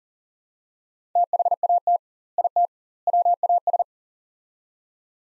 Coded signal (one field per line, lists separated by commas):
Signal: Morse code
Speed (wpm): 40 wpm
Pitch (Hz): 700 Hz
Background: none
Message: THAT IT WAS